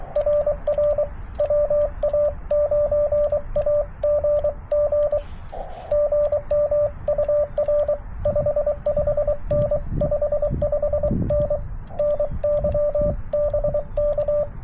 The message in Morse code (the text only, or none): RR WA9AGG GM UR 55N 55N NY BK